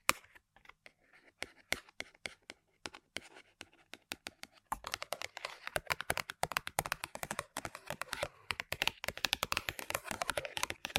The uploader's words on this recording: ASMR Tapping & Scratching On Random Objects (No Talking).